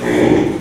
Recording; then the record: squeal of a Yucatan mini pig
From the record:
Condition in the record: after surgery on the right vocal fold (resection and tissue-engineered implant); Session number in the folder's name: 4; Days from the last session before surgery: 42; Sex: male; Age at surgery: 12 weeks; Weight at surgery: 13 kg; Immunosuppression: cyclosporine, prednisolone